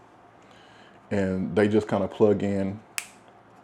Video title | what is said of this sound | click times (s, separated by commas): What's in the Bag | Now, if you notice, there was only one click. The other side didn't click. | 3.0 s